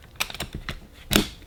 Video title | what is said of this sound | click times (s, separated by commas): Testing EXPENSIVE Electric Fillet Knife (full review) | Press it in. You can hear it lock in, which is cool. | 1.2 s